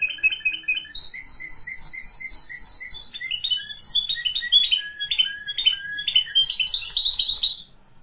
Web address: honarfardi new 1 Canary Sound 4